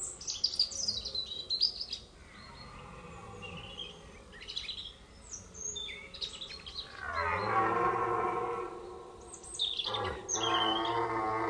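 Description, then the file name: Red deer bellowing: a deep, drawn-out harmonic roar swells in the second half and returns near the end, after bright bird chirps and twitters at the start. Rutting bellow (brame) of a stag. "brame du cerf. jeanmarclhotel"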